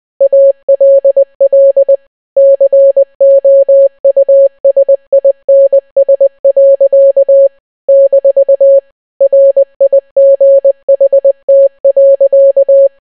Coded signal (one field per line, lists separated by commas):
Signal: Morse code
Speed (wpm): 20 wpm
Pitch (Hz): 550 Hz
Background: none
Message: ALL COUSINS. - RIGHT.